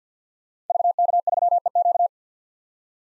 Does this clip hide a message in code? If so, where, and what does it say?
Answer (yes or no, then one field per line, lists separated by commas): yes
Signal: Morse code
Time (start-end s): 0.7-2.1 s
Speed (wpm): 50 wpm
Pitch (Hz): 700 Hz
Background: none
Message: VK3EQ